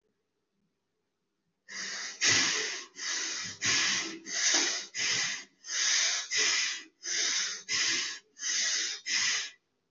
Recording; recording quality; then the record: shallow breathing; excellent, no background noise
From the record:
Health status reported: healthy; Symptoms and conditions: none ticked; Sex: female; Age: 31 years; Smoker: not ticked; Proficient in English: yes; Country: India